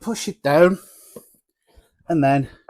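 Someone talks while a plastic brewing dock is pushed down onto a Pinter 3 home-brew keg, ready to be turned until it twist-locks. Between the spoken phrases there are only faint, soft handling sounds, around 1.2 s and 1.8 s. The clip ends before the dock is turned; nothing has seated or clicked yet.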